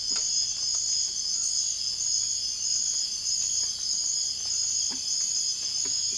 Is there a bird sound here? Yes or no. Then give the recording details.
no. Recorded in dense forest near Puerto Asís, Putumayo, Colombia, on 13 March 2025 at 04:00. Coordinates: 0.481, -76.323. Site G088